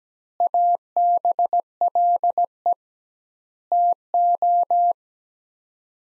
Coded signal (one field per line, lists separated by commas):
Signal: Morse code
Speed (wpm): 17 wpm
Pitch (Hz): 700 Hz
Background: none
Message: ABLE TO